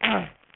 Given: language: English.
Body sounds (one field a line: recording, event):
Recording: throat vibration sensor signal played as sound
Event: throat clearing